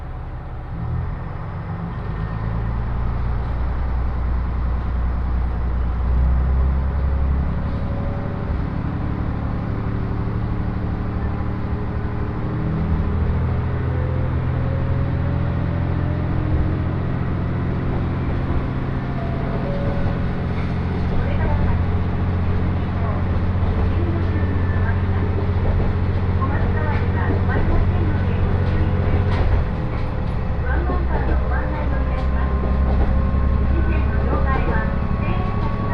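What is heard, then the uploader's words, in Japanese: Recorded aboard a local electric train, a steady low rumble and hum fill the whole stretch, with deep motor tones shifting in pitch as the train changes speed. Faint voices and occasional clicks and rattles come through over the continuous running noise. 耳で楽しむ鉄道旅 東北本線・北上線 花巻→北上→和賀仙人。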